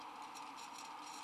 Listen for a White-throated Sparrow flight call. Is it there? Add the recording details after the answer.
no. No flight call is heard. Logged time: 03:31 on 19 December 2014